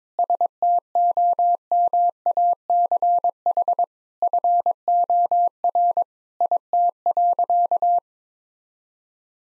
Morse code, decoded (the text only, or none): STOMACH FOR IT.